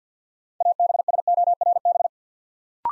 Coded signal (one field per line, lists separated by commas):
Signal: Morse code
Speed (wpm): 50 wpm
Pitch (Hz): 700 Hz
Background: none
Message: ABSORB